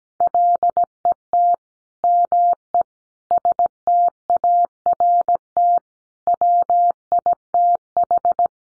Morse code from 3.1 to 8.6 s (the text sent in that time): START WITH